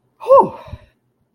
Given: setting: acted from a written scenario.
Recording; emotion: vocal sound without words; fear